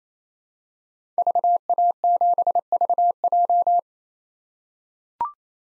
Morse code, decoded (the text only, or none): VA7VJ